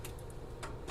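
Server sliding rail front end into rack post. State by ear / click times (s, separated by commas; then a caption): not seated / none. The front end of a steel sliding rack rail for a Dell PowerEdge R6525 server is handled at the square holes of a rack post, with short metallic ticks near 0.1 and 0.9 seconds over a steady low hum. The rail is not yet hooked in and pushed back, and nothing has clicked or seated yet.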